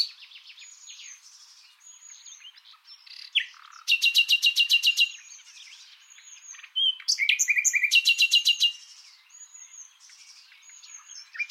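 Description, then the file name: Common nightingale singing two loud bursts of rapid repeated notes, separated by softer chirps and thin high whistles in the background. "Luscinia megarhynchos"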